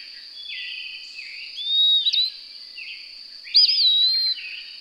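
Songbird singing two whistled phrases, a level note with a flick at its end, then a looping rising whistle drawn out, against a steady high-pitched background drone.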